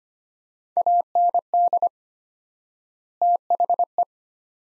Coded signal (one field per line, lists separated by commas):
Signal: Morse code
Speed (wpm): 25 wpm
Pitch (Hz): 700 Hz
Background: none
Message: AND THE